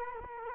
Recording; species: mosquito wingbeat signal from an infrared sensor; Culex quinquefasciatus